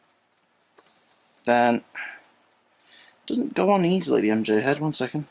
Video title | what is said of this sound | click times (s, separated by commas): Marvel Legends: Gwen Stacy ('Retro' Spider-Man Wave) - TOY REVIEW | so you pop gwen's head off sorry | 0.8 s